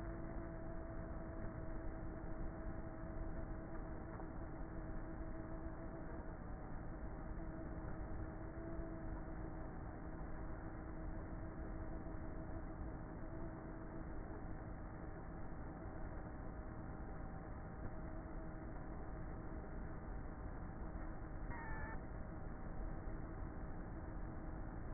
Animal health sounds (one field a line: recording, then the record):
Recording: honeybee colony, microphone inside the hive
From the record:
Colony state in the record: queenless with a low population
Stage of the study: before two queens were removed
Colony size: about 30,000 bees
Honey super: no